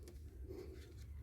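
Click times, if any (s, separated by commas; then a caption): none. A plastic guard is being handled over a clockspring housing during a clockspring replacement. Only a faint low rumble and a soft tick at about 0.1 s are heard. Nothing has seated or clicked yet.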